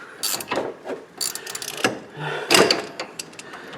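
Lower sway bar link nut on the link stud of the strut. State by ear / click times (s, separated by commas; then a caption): stripped / none. A ratchet loosens the lower sway bar link nut on the link stud of the front strut of a 2007-2011 Toyota Camry, giving bursts of ratcheting clicks and sharp ticks. The steel thread or stud spins and slips, and the nut strips out. Nothing seats or clicks into place.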